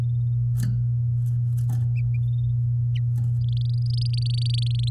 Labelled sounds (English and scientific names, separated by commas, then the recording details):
Domestic Canary (Serinus canaria) song
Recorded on 8 May 2018 at 06:40
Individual llb16